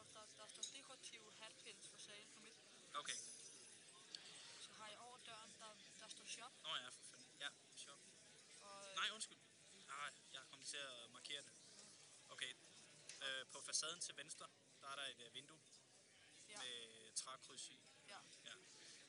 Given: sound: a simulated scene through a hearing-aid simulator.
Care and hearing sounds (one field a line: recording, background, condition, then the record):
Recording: conversation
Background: cafeteria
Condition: +4 dB SNR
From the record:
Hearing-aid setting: standard clinical setting (NAL)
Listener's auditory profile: B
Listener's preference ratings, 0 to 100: 79, 39, 91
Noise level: 65 dB SPL